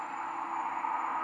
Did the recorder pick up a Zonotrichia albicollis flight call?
no